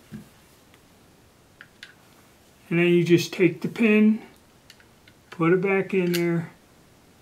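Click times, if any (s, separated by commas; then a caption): none. A metal takedown pin is handled and pushed back toward the frame of an SCCY DVG-1 pistol after the barrel is lined up, with faint brief taps and ticks between stretches of talking. Nothing has seated or clicked yet by the end of the clip.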